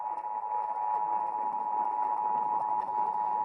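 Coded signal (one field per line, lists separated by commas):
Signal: Emergency Alert System (SAME) tones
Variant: 853 and 960 Hz attention tone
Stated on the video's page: Tennessee Required Monthly Test aired on an AM station on 1430 AM.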